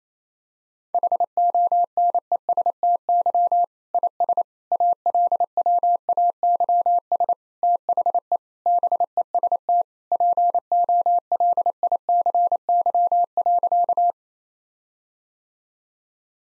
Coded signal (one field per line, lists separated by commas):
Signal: Morse code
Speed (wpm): 28 wpm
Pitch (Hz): 700 Hz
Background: none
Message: HONESTY IS ALWAYS THE BEST POLICY.